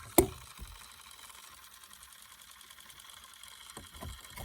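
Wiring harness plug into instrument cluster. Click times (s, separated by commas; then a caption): 0.2 s. A small locking switch on the wiring harness plug is flipped to seat the plug into the instrument cluster of a 2007 Buick LaCrosse, giving a sharp loud click at 0.2 s. Afterward, a faint ratchet-like mechanical noise comes from the gauge cluster, getting a little louder near the end; this is the fault noise in the Driver Information Center.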